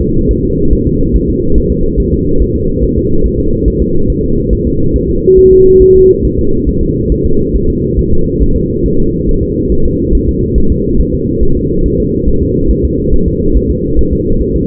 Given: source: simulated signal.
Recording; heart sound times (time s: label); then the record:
fetal heart sounds
0.02 s: S2
0.31 s: S1
0.45 s: S2
0.73 s: S1
0.87 s: S2
1.16 s: S1
1.30 s: S2
1.58 s: S1
1.72 s: S2
2.00 s: S1
2.14 s: S2
2.41 s: S1
2.56 s: S2
2.84 s: S1
2.98 s: S2
3.26 s: S1
3.40 s: S2
3.68 s: S1
3.82 s: S2
4.10 s: S1
4.24 s: S2
4.53 s: S1
4.67 s: S2
4.96 s: S1
5.10 s: S2
5.39 s: S1
5.53 s: S2
5.82 s: S1
5.96 s: S2
6.25 s: S1
6.39 s: S2
6.69 s: S1
6.83 s: S2
7.12 s: S1
7.26 s: S2
7.55 s: S1
7.70 s: S2
7.99 s: S1
8.13 s: S2
8.42 s: S1
8.56 s: S2
8.86 s: S1
9.00 s: S2
9.29 s: S1
9.43 s: S2
9.72 s: S1
9.86 s: S2
10.15 s: S1
10.29 s: S2
10.58 s: S1
10.72 s: S2
11.01 s: S1
11.15 s: S2
11.43 s: S1
11.57 s: S2
11.86 s: S1
12.00 s: S2
12.28 s: S1
12.42 s: S2
12.71 s: S1
12.85 s: S2
13.14 s: S1
13.28 s: S2
13.56 s: S1
13.71 s: S2
13.99 s: S1
14.13 s: S2
14.42 s: S1
14.56 s: S2
From the record:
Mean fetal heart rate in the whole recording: 140 bpm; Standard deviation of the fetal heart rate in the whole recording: 2 bpm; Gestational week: 34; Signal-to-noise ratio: -17.7 dB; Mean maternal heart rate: 72 bpm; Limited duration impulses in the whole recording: present